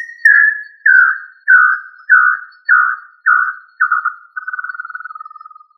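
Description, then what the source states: Quail whistling a series of short downslurred notes about every half second, ending in a fast, softer, slightly falling trill. Labelled with the family Tinamidae and the local name puyuh.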